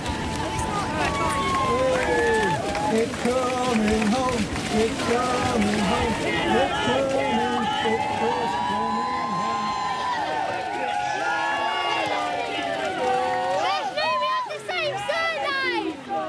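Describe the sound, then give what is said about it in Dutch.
A large crowd of fans standing rows deep outside a stadium cheers as the women's national football team arrives by bus during the European Championship, a dense, steady roar of many overlapping voices with excited shouts and high-pitched calls rising toward the end, loud throughout. “Ja, zo ging het nog wel even door. Stonden echt rijen dik hier voor het stadion.”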